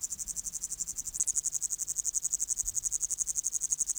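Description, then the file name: Upland green bush-cricket singing a steady, very high rasping trill of rapid pulses, with a brief soft thump partway through. "Tettigonia cantans"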